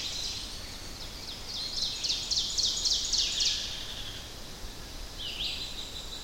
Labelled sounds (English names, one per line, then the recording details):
Ovenbird song
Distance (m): 70 m
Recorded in boreal forest in Alberta, Canada, on 10 June 2016 at 07:55
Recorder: SongMeter 3, array SBT-3-39
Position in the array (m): 217 m, 172 m
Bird 17